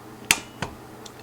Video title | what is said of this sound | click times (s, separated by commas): Repair broke fader - Allen & Heath Xone:23 DJ Mixer ⭐️ メジャー ⭐️ | Look at that. It snaps right into place. | 0.3 s